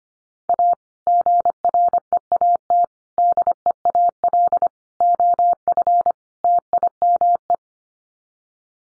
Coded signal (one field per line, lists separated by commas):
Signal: Morse code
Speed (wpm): 25 wpm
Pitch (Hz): 700 Hz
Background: none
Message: A GREAT DEAL OF TIME